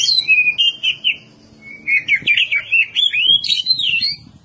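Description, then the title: Oriental magpie-robin singing a rich, varied song of clear whistled phrases, rising and falling slurs and sharp high notes, with a brief pause midway. "Kacer"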